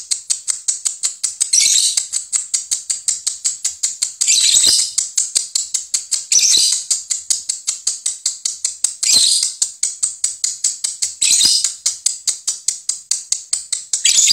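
Lovebird chattering: rapid, very high ticking chirps in a steady stream, broken every two to three seconds by a louder, harsher screechy burst.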